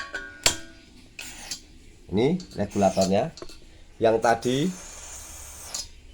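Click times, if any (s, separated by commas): 5.8 s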